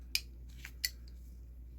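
On a modified Maxace Sandstorm Integral folding knife, the blade is worked so the pin and detent ball fall into the track and into a hole that lets it act as a fixed blade. Two sharp, bright clicks at 0.2 s and 0.9 s are heard over a steady low hum, with fainter ticks between them. The detent ball locks into the track and the blade is held in place.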